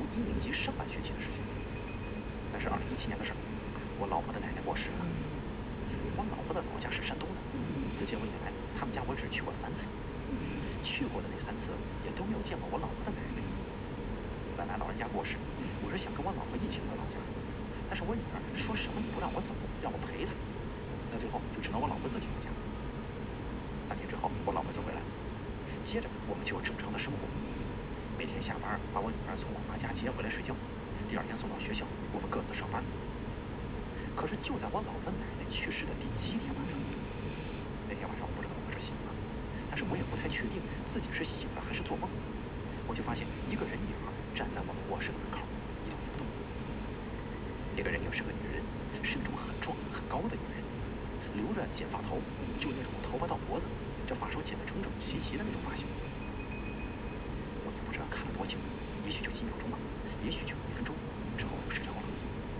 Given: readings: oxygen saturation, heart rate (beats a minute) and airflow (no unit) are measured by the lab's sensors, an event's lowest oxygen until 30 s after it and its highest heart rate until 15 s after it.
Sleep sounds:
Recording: breathing in sleep by a voice recorder at the bedside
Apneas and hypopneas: 1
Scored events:
6.00-34.90 s: hypopnea (N2, oxygen 95% highest, then 93% lowest)
From the record:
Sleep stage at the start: N2 (light sleep)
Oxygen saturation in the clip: 92 to 95%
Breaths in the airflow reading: 21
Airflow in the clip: -1.9 to 3.4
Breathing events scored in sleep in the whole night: 335 in 6.7 hours asleep

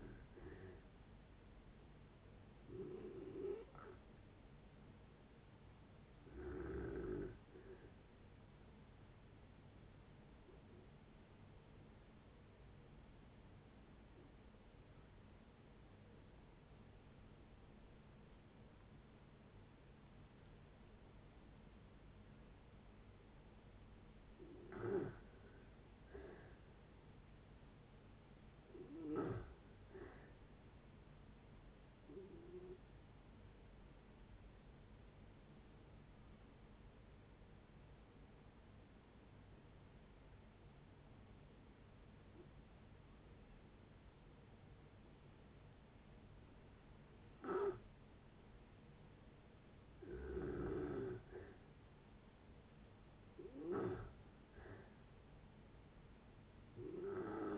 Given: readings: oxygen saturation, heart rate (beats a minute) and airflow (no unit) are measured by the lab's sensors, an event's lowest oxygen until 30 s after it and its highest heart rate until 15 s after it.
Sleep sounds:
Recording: breathing in sleep by a voice recorder at the bedside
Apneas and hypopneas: 2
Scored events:
5.00-25.20 s: hypopnea (N2, oxygen 95% highest, then 85% lowest)
35.00-50.80 s: hypopnea (N2, oxygen 95% highest, then 88% lowest)
From the record:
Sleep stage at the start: N2 (light sleep)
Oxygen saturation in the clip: 85 to 96%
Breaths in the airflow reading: 13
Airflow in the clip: -7.4 to 6.5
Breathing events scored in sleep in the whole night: 496 in 5.4 hours asleep

